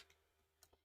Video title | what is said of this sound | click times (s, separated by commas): Easy fancy fold card with the Beautiful Butterflies Bundle | See how it's not clicking into place? So it's not the Stampin' Up side. | none